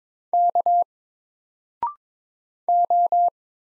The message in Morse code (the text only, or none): K O